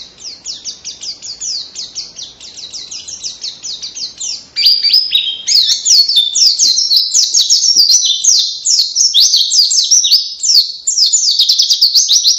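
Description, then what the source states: White-eye song: a steady, hurried run of very high, thin chips and slurs, rising in loudness after about four and a half seconds and continuing as a busy twitter. Cage bird singing vigorously in the long rapid 'ngalas' style with canary-like phrasing, used as a training recording for songbirds.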